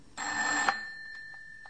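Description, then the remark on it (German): A telephone bell in an unlit home rings, left unanswered, in one short, loud rattling burst, then cuts off, leaving a high metallic tone that hangs and slowly fades with a few faint clicks. No one speaks. “Selbstverständlich muss ich es klingeln lassen. Ich darf nicht abheben.”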